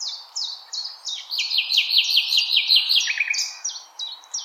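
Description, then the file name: Common nightingale song: spaced high down-slurred notes building into a rapid series of rising notes, then slower repeated phrases. Recorded 16 April 2021. "Nightingale-210416"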